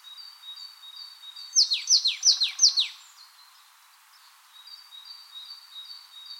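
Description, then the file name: Marsh tit: a quick burst of four or five downslurred ringing notes, with thin, steady high tones before and after. "Poecile palustris"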